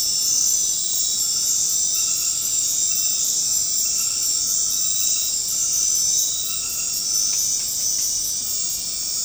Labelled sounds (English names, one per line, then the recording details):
none
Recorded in dense forest near Puerto Asís, Putumayo, Colombia, on 19 March 2025 at 20:00
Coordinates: 0.500, -76.322
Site GP06